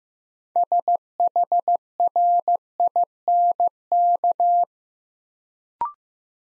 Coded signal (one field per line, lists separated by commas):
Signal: Morse code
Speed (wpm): 15 wpm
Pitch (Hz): 700 Hz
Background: none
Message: SHRINK